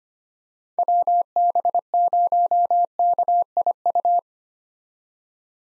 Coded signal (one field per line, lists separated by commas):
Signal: Morse code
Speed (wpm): 25 wpm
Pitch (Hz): 700 Hz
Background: none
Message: WB0KIU